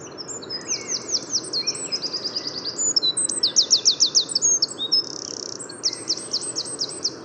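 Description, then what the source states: Eurasian wren song: rapid high trills and sharp rattling notes tumbling together in a loud, continuous burst lasting several seconds, with a soft background hum. Heard in the Bois de Vincennes on the morning of 6 April 2018.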